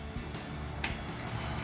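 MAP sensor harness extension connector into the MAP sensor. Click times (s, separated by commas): 0.8 s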